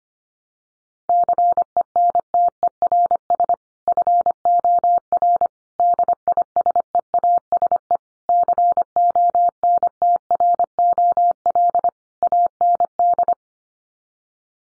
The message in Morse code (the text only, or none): CENTERS FOR DISEASE CONTROL AND